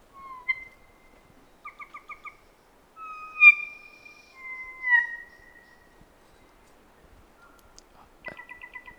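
Kōkako song: slow, long organ-like whistled notes, some steady and some gently falling, mixed with short bursts of quick pulsed notes, in an otherwise quiet setting.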